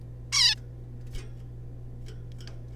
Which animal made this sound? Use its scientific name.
Taeniopygia guttata